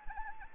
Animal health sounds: mosquito wingbeat signal from an infrared sensor; Anopheles arabiensis

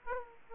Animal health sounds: mosquito wingbeat signal from an infrared sensor; Aedes aegypti

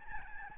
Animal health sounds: mosquito wingbeat signal from an infrared sensor; Aedes albopictus

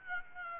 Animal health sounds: mosquito wingbeat signal from an infrared sensor; Aedes aegypti

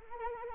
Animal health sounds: mosquito wingbeat signal from an infrared sensor; Anopheles arabiensis

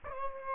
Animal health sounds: mosquito wingbeat signal from an infrared sensor; Aedes aegypti

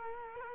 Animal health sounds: mosquito wingbeat signal from an infrared sensor; Culex quinquefasciatus

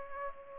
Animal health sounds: mosquito wingbeat signal from an infrared sensor; Culex pipiens

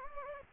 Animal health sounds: mosquito wingbeat signal from an infrared sensor; Anopheles gambiae

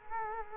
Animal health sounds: mosquito wingbeat signal from an infrared sensor; Culex quinquefasciatus

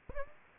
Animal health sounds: mosquito wingbeat signal from an infrared sensor; Aedes aegypti

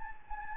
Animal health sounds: mosquito wingbeat signal from an infrared sensor; Anopheles gambiae

